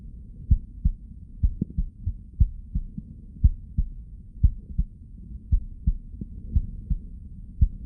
Stethoscope chest heart heartbeat blood flow.